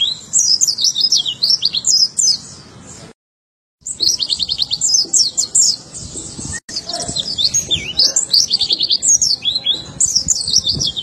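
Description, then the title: White-eye song: rapid high twittering phrases of thin slurred notes, sung in long bursts. "Pleci"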